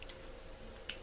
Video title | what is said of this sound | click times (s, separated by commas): unboxing airsoft de 10 Kg (CM 506) | On pousse. Donc là, on voit que c'est désenclenché là. | 0.9 s